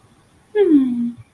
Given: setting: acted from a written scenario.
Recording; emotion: vocal sound without words; contentment